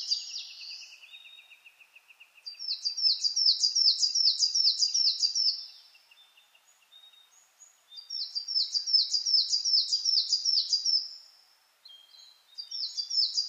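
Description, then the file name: Coal tit song of quick repeated high notes in three phrases with short gaps between, opening after a thin, fading trill. Recorded 10 June 2009 at 06:39. "higara-20090610-0639"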